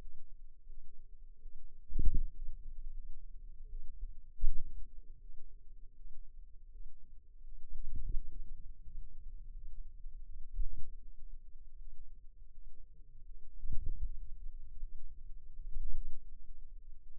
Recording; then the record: forearm muscle sounds (acoustic myography)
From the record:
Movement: ulnar deviation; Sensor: system 2, bracelet of six BSWA MPA416 microphones around the upper forearm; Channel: 6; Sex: female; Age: 23 years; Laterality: right